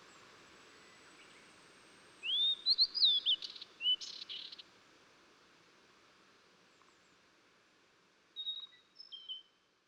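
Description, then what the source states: Blue-and-white flycatcher delivering one long phrase of rising and falling whistles and sharp notes, a few seconds of quiet, then a brief softer whistled fragment. Recorded 14 June 2009.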